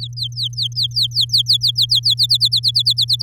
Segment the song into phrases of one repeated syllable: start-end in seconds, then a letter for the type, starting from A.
0.00-2.14 A, 2.17-3.23 B